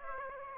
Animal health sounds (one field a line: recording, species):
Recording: mosquito wingbeat signal from an infrared sensor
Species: Aedes aegypti